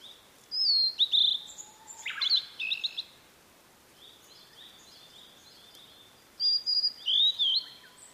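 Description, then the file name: Blue-and-white flycatcher song: high clear whistled phrases and rapid chattering notes, in two bursts with a pause between, and a faint low whistle from another bird. "oruri"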